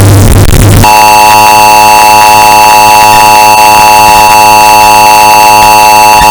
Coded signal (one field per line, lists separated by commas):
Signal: Emergency Alert System (SAME) tones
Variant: 853 and 960 Hz attention tone